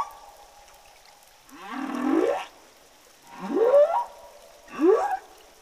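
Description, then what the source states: Humpback whale song units: three swept cries, the first a long low-rising moan, the next two shorter steep upward sweeps, spaced about a second and a half apart. Humpback whales of the southern Indian Ocean, whose populations a study found to be singing different song tunes.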